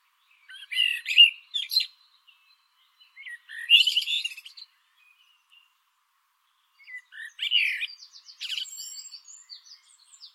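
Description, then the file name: Eurasian blackbird song: three phrases of rich warbling that break into a strained, twittering high ending, spaced a few seconds apart. "Turdus merula"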